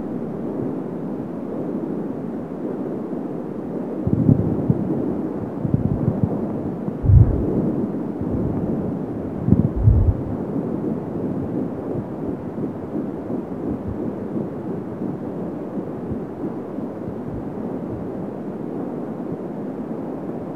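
A baby's heartbeat, heard as a muffled, low whooshing rumble that stays steady and dense throughout, with a fast fluttering texture. Louder thumps or bumps stand out around 4, 7 and 10 seconds, like the microphone being shifted.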